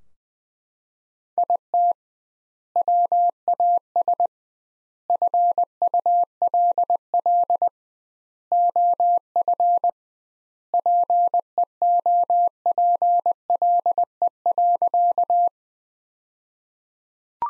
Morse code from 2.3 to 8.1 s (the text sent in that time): WAS FULL